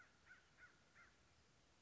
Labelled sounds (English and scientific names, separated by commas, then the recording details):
American Crow (Corvus brachyrhynchos)
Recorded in Sonoma County, California